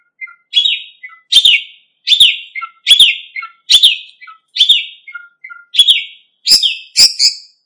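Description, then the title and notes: Bird giving harsh, buzzy chirps repeated roughly every three-quarters of a second, each followed by a soft lower note. Indonesia. "Kicau Burung Indonesia"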